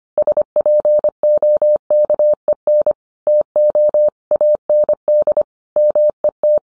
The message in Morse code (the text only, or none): SPOKEN TO AND MET